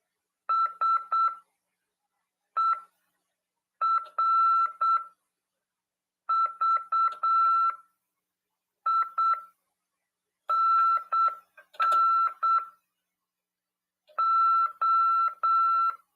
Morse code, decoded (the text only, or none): SERVINNO